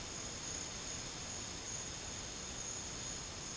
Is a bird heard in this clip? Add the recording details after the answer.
no. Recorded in dense forest near Puerto Asís, Putumayo, Colombia, on 9 March 2025 at 10:00. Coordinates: 0.486, -76.317. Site G053